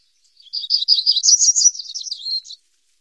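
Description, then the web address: Hermit warbler song: a rapid two-second run of high, thin, slightly buzzy notes that rise in pitch midway, then drop and end in a brief final note. "Songs of Birds of North America Stokes. Hermit Warbler"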